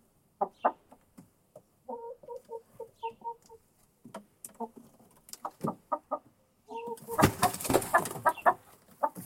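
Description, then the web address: Chicken: hen giving scattered clucks and a couple of quick trilled cluck runs, followed by loud rustling noise in the last seconds. Hen inside a henhouse. "monde des sons poule dans le poulailler"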